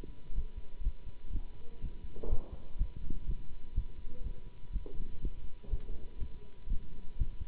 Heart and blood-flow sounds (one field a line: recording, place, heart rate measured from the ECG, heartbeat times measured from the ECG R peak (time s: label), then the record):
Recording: heart sounds by stethoscope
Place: between the tricuspid and mitral areas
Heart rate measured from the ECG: 123 bpm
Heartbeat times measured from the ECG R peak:
0.34 s: heartbeat
0.83 s: heartbeat
1.32 s: heartbeat
1.80 s: heartbeat
2.29 s: heartbeat
2.77 s: heartbeat
3.26 s: heartbeat
3.74 s: heartbeat
4.22 s: heartbeat
4.72 s: heartbeat
5.21 s: heartbeat
5.70 s: heartbeat
6.19 s: heartbeat
6.68 s: heartbeat
7.17 s: heartbeat
From the record:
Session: Bruce protocol treadmill stress test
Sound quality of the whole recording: good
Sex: male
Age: 24 years